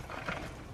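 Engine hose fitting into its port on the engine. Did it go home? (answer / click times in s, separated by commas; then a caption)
no / none. A twist-in hose fitting on a BMW N54 engine is handled and turned at its port, with soft handling noise and a slightly louder moment around 0.3 seconds. No click is heard, and the fitting has not seated or clicked into place yet.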